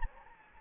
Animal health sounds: mosquito wingbeat signal from an infrared sensor; Anopheles gambiae

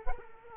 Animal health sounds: mosquito wingbeat signal from an infrared sensor; Culex quinquefasciatus

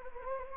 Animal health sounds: mosquito wingbeat signal from an infrared sensor; Anopheles gambiae

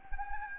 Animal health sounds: mosquito wingbeat signal from an infrared sensor; Anopheles gambiae

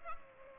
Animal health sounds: mosquito wingbeat signal from an infrared sensor; Culex pipiens

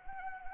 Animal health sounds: mosquito wingbeat signal from an infrared sensor; Anopheles arabiensis

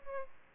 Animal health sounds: mosquito wingbeat signal from an infrared sensor; Aedes aegypti

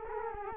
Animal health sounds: mosquito wingbeat signal from an infrared sensor; Culex quinquefasciatus

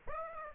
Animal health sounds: mosquito wingbeat signal from an infrared sensor; Aedes aegypti

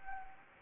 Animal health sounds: mosquito wingbeat signal from an infrared sensor; Anopheles gambiae

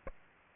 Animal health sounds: mosquito wingbeat signal from an infrared sensor; Aedes aegypti

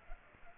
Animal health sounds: mosquito wingbeat signal from an infrared sensor; Culex pipiens

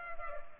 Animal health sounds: mosquito wingbeat signal from an infrared sensor; Culex pipiens

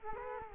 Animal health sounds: mosquito wingbeat signal from an infrared sensor; Culex quinquefasciatus

